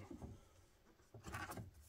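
A rear turn-signal light unit from a RAV4 hybrid is handled and positioned on its locating pin against the car body, ready to be pushed in until its plastic clip snaps. Soft handling knocks and rustles are heard, with a louder scraping burst around 1.3 to 1.6 s. Nothing has seated or clicked yet.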